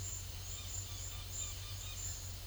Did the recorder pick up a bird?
yes